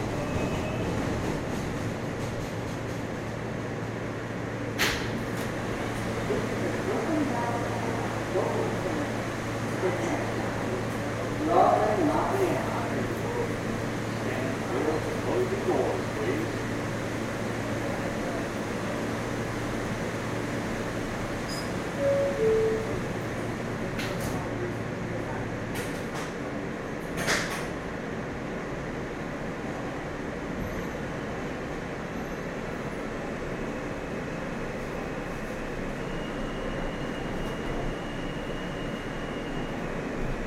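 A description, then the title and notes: A subway ride with a steady low rumble and a constant hum that drops away around 26 seconds. Murmured voices sit underneath, with sharp clicks and clanks near 5, 12, 24 and 27 seconds, and a faint high tone appears later. Subway.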